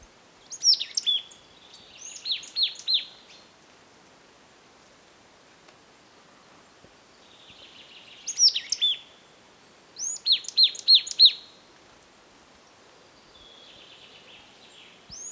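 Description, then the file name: Marsh tit giving repeated call bursts, each a sharp high downslurred note followed by a harsh buzzy chatter, five bursts across the recording. "Poecile palustris"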